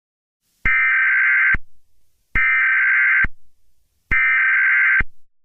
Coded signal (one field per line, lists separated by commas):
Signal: Emergency Alert System (SAME) tones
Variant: header bursts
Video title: EAS Scenario: Attack of the Galactic Empire (Part 3: The Rebel Alliance Intervenes)